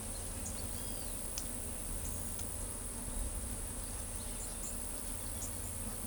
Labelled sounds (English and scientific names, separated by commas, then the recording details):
none
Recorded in pastures near Pivijay, Magdalena, Colombia, on 2 June 2023 at 17:30
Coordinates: 10.456, -74.369
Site P6-G026